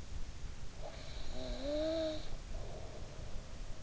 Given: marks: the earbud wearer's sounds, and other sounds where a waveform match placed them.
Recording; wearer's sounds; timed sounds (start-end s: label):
sounds in sleep by an in-ear microphone; snoring breath
0.76-3.49 s: snoring breath